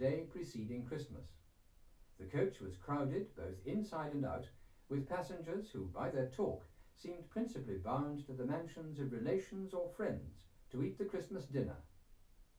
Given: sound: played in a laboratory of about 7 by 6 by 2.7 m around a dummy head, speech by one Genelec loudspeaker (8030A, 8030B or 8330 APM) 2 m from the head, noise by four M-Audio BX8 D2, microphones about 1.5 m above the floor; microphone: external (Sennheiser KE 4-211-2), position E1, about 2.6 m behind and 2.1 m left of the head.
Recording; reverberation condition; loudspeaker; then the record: male speech in English; low; 120 degrees to the right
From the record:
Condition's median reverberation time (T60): about 310 ms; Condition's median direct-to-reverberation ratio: about 3.5 dB